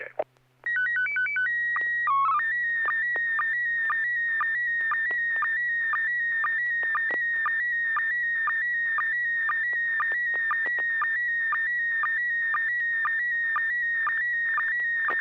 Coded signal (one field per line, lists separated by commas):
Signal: SSTV (slow-scan television)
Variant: PD 120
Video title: N6NA SSTV Net - 02/19/2025